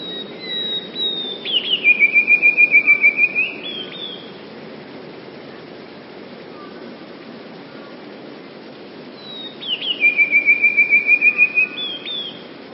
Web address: wroblowe teka spiew modraszkoteka